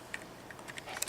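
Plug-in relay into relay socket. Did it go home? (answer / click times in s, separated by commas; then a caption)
yes / 1.0 s. A plug-in motor relay is lined up with the connection points of its relay socket and pushed in by hand, giving a few light ticks and taps before a sharp click at 1.0 s as it pops in and seats.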